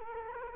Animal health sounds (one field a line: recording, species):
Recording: mosquito wingbeat signal from an infrared sensor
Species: Culex quinquefasciatus